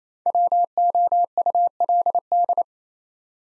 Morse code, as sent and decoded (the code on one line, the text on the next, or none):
.-- --- ..- .-.. -..
WOULD